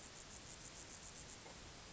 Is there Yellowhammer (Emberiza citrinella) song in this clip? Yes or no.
no